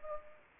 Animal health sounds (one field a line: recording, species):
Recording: mosquito wingbeat signal from an infrared sensor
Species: Anopheles arabiensis